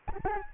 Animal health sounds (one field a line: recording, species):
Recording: mosquito wingbeat signal from an infrared sensor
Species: Aedes albopictus